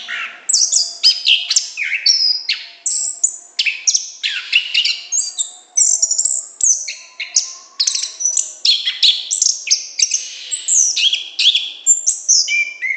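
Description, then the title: Orange-headed thrush singing nonstop, mixing sharp high whistles, trills and harsh notes in a dense, fast, ever-changing stream. Song in the gacor ngeplong style, continuous, open and full-voiced, described as excellent. "Anis Kembang Gacor Ngeplong Istimewa Suara Burung"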